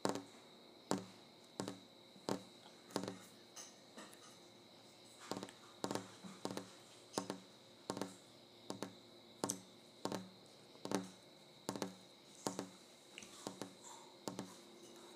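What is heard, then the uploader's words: Fingers tap on a kitchen counter in sharp, dry knocks, roughly one or two each second, with occasional quick doubled taps. The rhythm is loose rather than even. A faint steady high whine runs underneath throughout. ASMR Tapping the Kitchen Counter.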